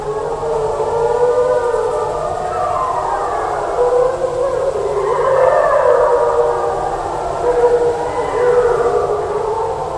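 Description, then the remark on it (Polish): A chorus of wolves in the Białowieża Forest in the 1990s gives the typical harmonic deterrent howl, answering a person's howling. Several long, overlapping wails rise and fall in pitch, sustained and fairly loud for the whole stretch with no talking. “Takie typowe dla wilków, harmoniczne wycie odstraszające.”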